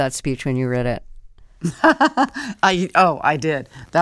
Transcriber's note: laughter